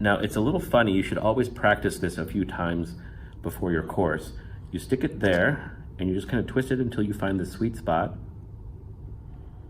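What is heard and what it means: A lavalier microphone's plastic cable connector is stuck into the socket of a body-pack transmitter and twisted to find the alignment point while someone talks. Nothing has seated or clicked yet; the connector is still being handled.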